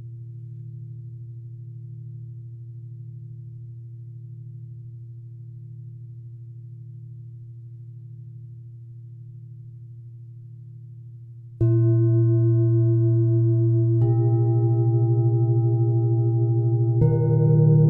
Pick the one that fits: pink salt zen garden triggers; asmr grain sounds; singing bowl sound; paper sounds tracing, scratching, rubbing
singing bowl sound